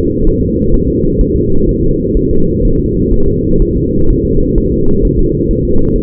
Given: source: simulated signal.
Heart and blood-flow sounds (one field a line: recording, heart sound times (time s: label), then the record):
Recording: fetal heart sounds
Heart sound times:
0.27 s: S1
0.41 s: S2
0.74 s: S1
0.88 s: S2
1.21 s: S1
1.36 s: S2
1.69 s: S1
1.83 s: S2
2.17 s: S1
2.31 s: S2
2.65 s: S1
2.80 s: S2
3.14 s: S1
3.28 s: S2
3.62 s: S1
3.77 s: S2
4.10 s: S1
4.25 s: S2
4.58 s: S1
4.72 s: S2
5.05 s: S1
5.19 s: S2
5.51 s: S1
5.65 s: S2
5.96 s: S1
From the record:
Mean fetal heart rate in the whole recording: 130 bpm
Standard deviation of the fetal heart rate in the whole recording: 4 bpm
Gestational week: 38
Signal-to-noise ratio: -17.7 dB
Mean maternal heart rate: 72 bpm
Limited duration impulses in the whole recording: present